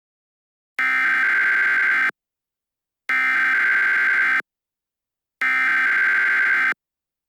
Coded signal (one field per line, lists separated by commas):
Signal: Emergency Alert System (SAME) tones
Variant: header bursts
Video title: 28-3 | An EAS Scenario